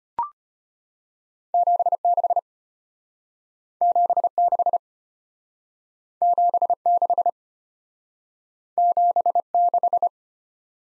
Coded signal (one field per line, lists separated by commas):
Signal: Morse code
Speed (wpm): 31 wpm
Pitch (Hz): 700 Hz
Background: none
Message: 76 76 76 76